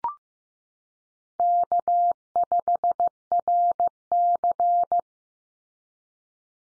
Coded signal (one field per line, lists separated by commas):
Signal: Morse code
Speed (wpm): 15 wpm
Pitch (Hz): 700 Hz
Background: none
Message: K5RC